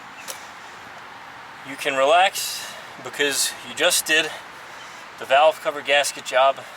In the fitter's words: once you hear a click you can